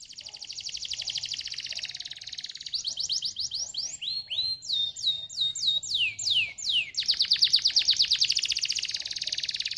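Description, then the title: Atlantic canary song, continuous: a rapid rolling trill gives way to a series of loud descending whistled slurs, then a bright dense trill to the end. Belgian canary song played to warm up and stimulate canaries to sing, meant to make many canaries start singing quickly. "Canto Para Esquentar Canário Belga. SUARA MASTERAN AMPUH BANYAK BURUNG KENARI CEPAT BUNYI GACOR DENGAN SUARA KENARI INI"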